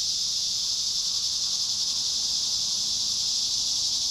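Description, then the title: Cicada chorus, an intense, even, high whine that does not change throughout the short stretch. Cicadas calling at Trinity. "neoscenes: cicadas at Trinity"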